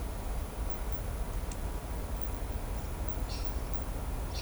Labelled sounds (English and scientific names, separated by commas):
none